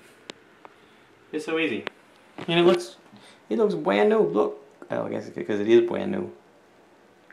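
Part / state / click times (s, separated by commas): plastic hinge flap on a toilet seat mounting bolt / seated / 0.3 s, 0.7 s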